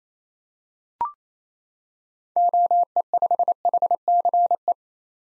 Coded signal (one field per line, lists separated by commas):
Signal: Morse code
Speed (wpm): 28 wpm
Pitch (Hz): 700 Hz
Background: none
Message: OE5HCE